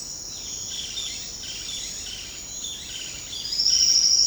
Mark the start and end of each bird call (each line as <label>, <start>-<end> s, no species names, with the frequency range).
bird call (1.3-4.3 kHz), 0.31-4.03 s